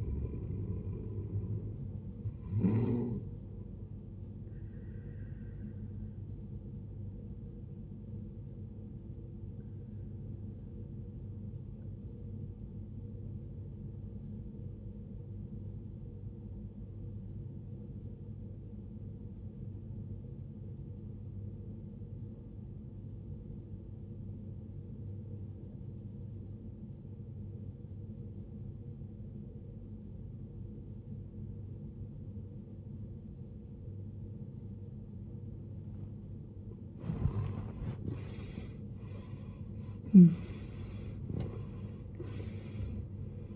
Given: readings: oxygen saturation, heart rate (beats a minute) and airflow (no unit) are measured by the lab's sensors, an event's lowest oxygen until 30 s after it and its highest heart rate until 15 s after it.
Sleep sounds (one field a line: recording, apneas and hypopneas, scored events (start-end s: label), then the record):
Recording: a person awake in a sleep study, by a smartphone at the bedside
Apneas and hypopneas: 1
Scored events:
14.00-38.60 s: obstructive apnea (N1, oxygen 94% highest, then 75% lowest, heart rate 54 at the start, 81 highest)
15.00-43.55 s: new sleep stage, awake
26.00-43.55 s: awake
From the record:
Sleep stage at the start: N1 (lightest sleep)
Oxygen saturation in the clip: 76 to 94%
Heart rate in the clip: 52 to 79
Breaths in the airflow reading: 5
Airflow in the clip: -18.9 to 20.6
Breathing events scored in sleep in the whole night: 389 in 6.3 hours asleep